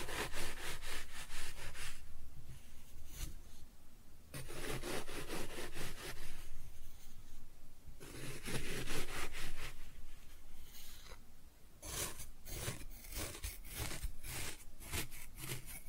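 Kinetic sand being cut and scooped, a soft grainy rubbing and scraping in bursts. Dense gritty strokes come in rapid runs, around 0 to 2, 4 to 8, and 12 to 16 seconds, with quieter crumbly pauses between them.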